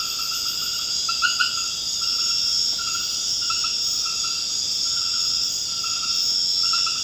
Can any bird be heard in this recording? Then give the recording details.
no. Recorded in dense forest near Puerto Asís, Putumayo, Colombia, on 24 March 2025 at 22:00. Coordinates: 0.481, -76.323. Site G088